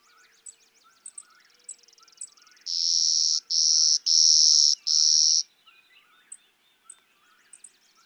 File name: Clay-colored Sparrow